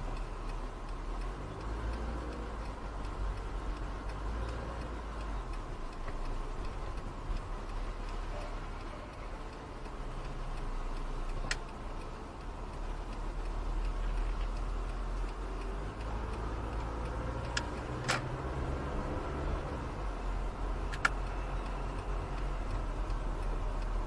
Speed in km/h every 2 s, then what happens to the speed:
11, 13, 15, 10, 7, 7, 9, 11, 16, 20, 20, 20.
4-10 slows to 7. 10-18 speeds up to 20. 18-24 steady at about 20.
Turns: none.